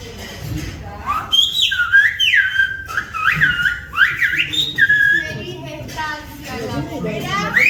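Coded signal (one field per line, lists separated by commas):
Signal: whistled language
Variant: Silbo Gomero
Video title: Whistled language in La Gomera, Canary Islands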